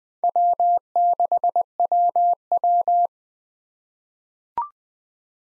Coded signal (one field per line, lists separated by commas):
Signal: Morse code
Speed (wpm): 20 wpm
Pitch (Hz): 700 Hz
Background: none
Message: W6WW